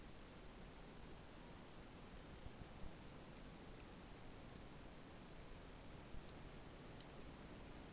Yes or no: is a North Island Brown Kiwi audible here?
no